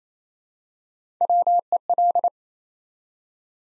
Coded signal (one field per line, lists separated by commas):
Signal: Morse code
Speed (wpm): 29 wpm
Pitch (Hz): 700 Hz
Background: none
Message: WEL